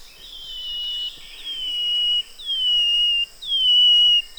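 Brown-headed greenlet whistles: drawn-out notes that drop and flatten, about one a second, with a continuous high hum behind.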